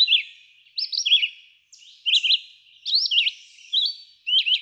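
Red-eyed vireo singing short whistled phrases that swing up and down, separated by brief pauses.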